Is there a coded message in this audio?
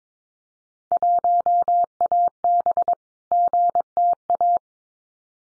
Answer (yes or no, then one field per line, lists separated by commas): yes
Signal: Morse code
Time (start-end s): 0.9-4.6 s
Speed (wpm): 22 wpm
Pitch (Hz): 700 Hz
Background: none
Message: 1AB GTA